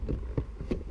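A plastic JDM gauge visor on a Toyota 86 GTS is slid down onto two tabs under the dashboard. Short thuds and rustles are heard, with a clear click at 0.4 s as the visor seats onto the tabs.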